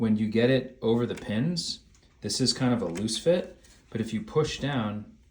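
A loose-fitting part of an ATK Haute Route 10 Plus metal ski touring binding is set over the binding pins while someone talks. Nothing has seated or clicked yet; the clip ends just before the part is pushed down to clip into place.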